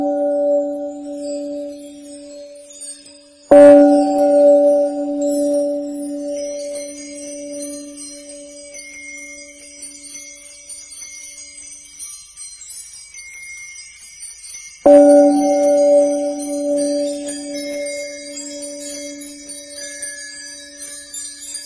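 A Tibetan singing bowl is struck twice, at about 3.5 and 15 seconds, each strike blooming into a strong, steady low hum with bright shimmering overtones above. Between strikes the tone fades slowly, leaving a long ringing tail, and a faint tinkling high layer persists throughout.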